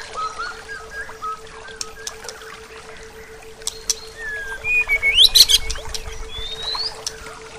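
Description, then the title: Bird calling: soft low whistled phrases early on, then brighter rising whistles and rapid sharp chirps building toward the end, over a faint steady hum. "SuaraBurung Kicau"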